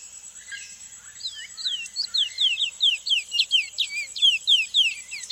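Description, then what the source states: Thick-billed seed-finch singing a fast, bright series of sharply down-slurred whistled notes, building in volume and tumbling on about four per second, over a steady thin high whine. South America.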